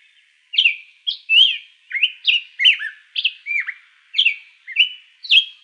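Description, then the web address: Hepatic tanager song, a series of short rich whistled phrases with rising and falling slurs, separated by brief pauses, for about five seconds. Recorded in Arizona on 1 February 2006. "Tanagers HETA 060201"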